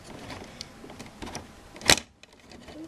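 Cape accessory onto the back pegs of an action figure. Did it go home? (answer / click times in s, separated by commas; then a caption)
no / none. A plastic mantle/cape accessory is pushed over the back pegs of an Ultra Act Ultraman (Renewal Version) action figure, with soft plastic rubbing and handling noise and one sharp, loud snap-like knock near 1.9 s. Nothing has seated or clicked yet: the cape has not locked on.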